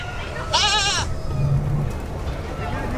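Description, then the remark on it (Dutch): A goat at a petting zoo lets out one short, wavering, nasal bleat lasting about half a second, followed by a low murmur of background noise. “Hallo, vriend. Ik ben niet zo'n geitenvriend, hoor. Die geiten vond ik eng, maar kippetjes vond ik leuk.”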